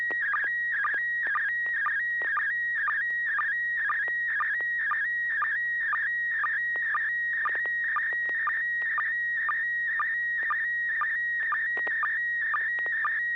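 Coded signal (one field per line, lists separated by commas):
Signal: SSTV (slow-scan television)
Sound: warbling tone shifting between pitches, with short low blips about twice a second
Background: low steady hum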